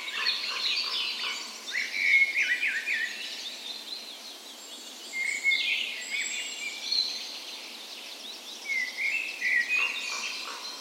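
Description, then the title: Birds: bird dawn chorus with several singers, bright chirped phrases and whistles coming in bursts over a continuous background of twittering. Spring dawn chorus recorded on the morning of 17 May, Norway's National Day, in a park west in Bergen, Norway; Sony PCM A10 recorder with LOM micro Usi microphones as tree ears. "17th Of May Dawn Chorus"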